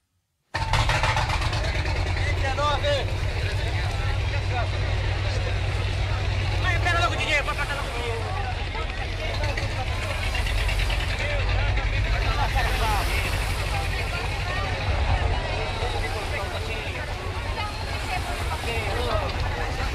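A steady low motorboat engine drone in the Amazon delta fills the scene with a broad rumble and hiss, while faint chatter and busy background activity blend underneath.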